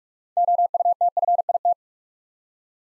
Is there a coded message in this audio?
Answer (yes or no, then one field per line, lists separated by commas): yes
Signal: Morse code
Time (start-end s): 0.4-1.7 s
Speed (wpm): 44 wpm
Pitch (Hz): 700 Hz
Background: none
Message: OUTFIT